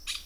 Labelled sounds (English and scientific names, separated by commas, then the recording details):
Brown-throated Parakeet (Eupsittula pertinax) contact call
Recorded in Venezuela
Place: Tumeremo, Edo. Bolivar; Cerca de la casa de Los Guaicas. Corral de los caballos. Varias matas con comejenes
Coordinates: 7.218, -61.386